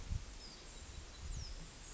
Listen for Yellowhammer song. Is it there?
no